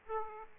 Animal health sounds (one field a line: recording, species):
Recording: mosquito wingbeat signal from an infrared sensor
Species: Aedes aegypti